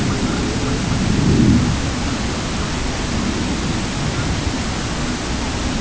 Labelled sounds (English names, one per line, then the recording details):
Pectoral Sandpiper
unidentified sound
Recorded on Arctic tundra, site CORI-1, on 16 June 2018
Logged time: 06:00